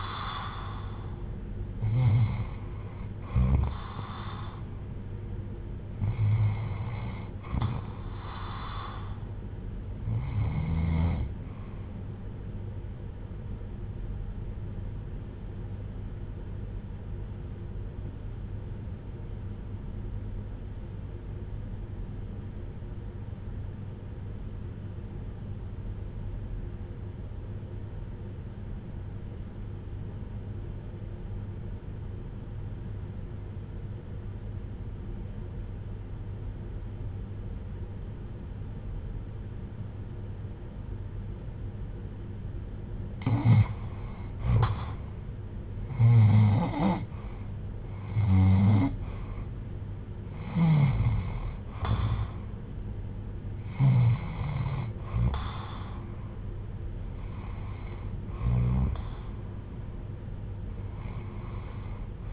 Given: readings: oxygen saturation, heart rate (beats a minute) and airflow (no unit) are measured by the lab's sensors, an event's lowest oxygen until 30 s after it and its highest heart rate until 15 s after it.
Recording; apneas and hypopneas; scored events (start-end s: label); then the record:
breathing in sleep by a smartphone at the bedside; 1
13.00-47.30 s: hypopnea (REM, oxygen 95% highest, then 75% lowest, heart rate 71 at the start, 82 highest)
From the record:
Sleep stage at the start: REM sleep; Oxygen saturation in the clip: 75 to 95%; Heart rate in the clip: 61 to 82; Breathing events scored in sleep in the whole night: 310 in 8.1 hours asleep